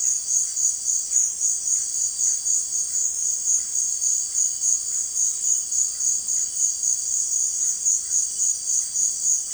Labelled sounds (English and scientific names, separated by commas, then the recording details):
Russet-backed Oropendola (Psarocolius angustifrons)
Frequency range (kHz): Russet-backed Oropendola (Psarocolius angustifrons) 0.7-3.1 kHz
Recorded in secondary vegetation near Puerto Asís, Putumayo, Colombia, on 25 June 2025 at 16:30
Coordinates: 0.499, -76.323
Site G077